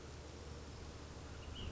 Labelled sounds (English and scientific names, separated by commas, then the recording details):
Ash-throated Flycatcher (Myiarchus cinerascens)
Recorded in Sonoma County, California